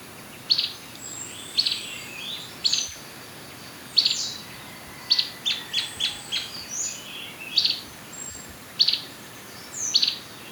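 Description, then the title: Black-crested warbler chip calls: short, sharp high notes given singly or in quick runs, roughly once a second, over a faint steady background hiss. "Myiothlypis Nigrocristata"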